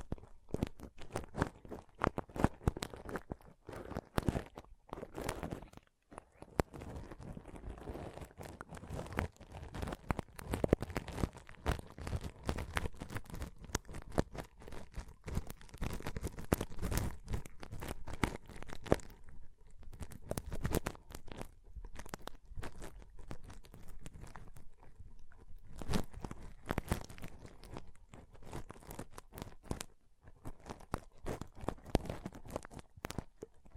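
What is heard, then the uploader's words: Pom poms are squished and rubbed in a dense, rapid stream of crinkly, crunchy rustling that runs almost without a break. The texture stays busy and bright throughout, with a brief gap near six seconds and slightly sparser moments around twenty and thirty seconds. ASMR Ultimate Pom Pom Tingles (No Talking).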